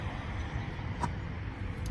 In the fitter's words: I heard a click.